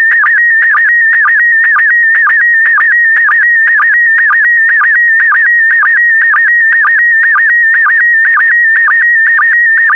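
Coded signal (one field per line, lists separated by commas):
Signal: SSTV (slow-scan television)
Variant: PD120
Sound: warbling tone around 1.9 kHz with rhythmic chirping dips twice per second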